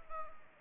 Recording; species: mosquito wingbeat signal from an infrared sensor; Anopheles arabiensis